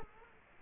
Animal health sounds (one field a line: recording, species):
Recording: mosquito wingbeat signal from an infrared sensor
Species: Culex quinquefasciatus